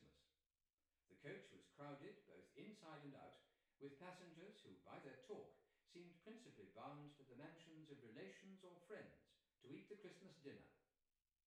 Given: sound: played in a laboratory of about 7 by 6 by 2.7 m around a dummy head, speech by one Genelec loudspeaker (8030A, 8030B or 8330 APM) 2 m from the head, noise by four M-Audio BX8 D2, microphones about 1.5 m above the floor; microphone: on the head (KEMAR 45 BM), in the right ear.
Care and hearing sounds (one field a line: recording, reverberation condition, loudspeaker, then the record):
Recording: male speech in English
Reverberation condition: medium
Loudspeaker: 60 degrees to the left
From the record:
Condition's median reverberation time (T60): about 510 ms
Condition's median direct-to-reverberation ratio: about -0.5 dB